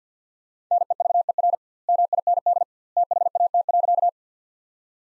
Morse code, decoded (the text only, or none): NEVER MIND THAT.